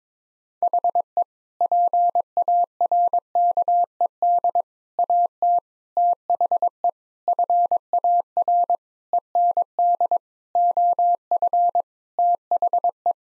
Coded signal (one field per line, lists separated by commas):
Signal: Morse code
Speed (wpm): 22 wpm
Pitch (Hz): 700 Hz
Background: none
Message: HE PARKED AT THE FAR END OF THE